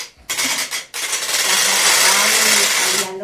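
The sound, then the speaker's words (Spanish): A wooden ratchet noisemaker (carraca) from Muel clatters loudly in a harsh, rapid rattle: a short burst, a brief pause, then a longer continuous whirring clack that runs for a couple of seconds before stopping. “Pues la grande es que había diferentes carraclas.”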